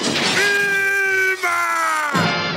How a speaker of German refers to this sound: Und Branding ist außerdem durch einen Schrei für immer mit einer berühmten Cartoon-Serie verbunden. Achtung, es wird laut.